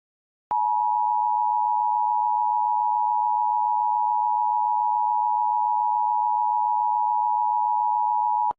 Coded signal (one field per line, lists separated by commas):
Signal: Emergency Alert System (SAME) tones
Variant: 853 and 960 Hz attention tone